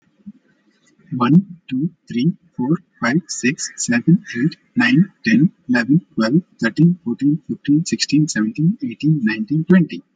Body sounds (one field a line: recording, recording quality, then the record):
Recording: counting at a fast pace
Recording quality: excellent, no background noise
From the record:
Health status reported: exposed to COVID-19, no respiratory illness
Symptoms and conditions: none ticked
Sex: male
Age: 44 years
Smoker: not ticked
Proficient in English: yes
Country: India